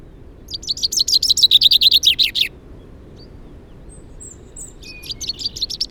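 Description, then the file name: Common Chaffinch song, a bright series of sharp notes falling in pitch, then a second phrase begins near the end. "Fringilla coelebs"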